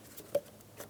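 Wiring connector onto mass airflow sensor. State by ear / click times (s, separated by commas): not seated / none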